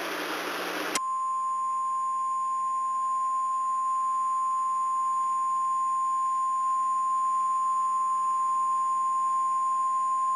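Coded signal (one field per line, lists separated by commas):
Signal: Emergency Alert System (SAME) tones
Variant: 1050 Hz attention tone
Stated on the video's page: Flash Flood Warning for Fresno, Madera and Mariposa counties, with valid tones shown on a new EASyFiOS screen test.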